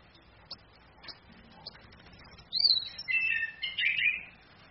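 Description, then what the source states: Orange-headed thrush: a few faint ticks, then a clear high whistle followed by a louder warbled, rolling phrase. Female; used as a training recording for other birds.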